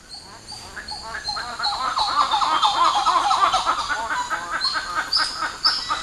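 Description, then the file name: Birds duetting: loud rhythmic notes and rolling chatter overlapping, with thin high whistles. "Cdiscolor Duet"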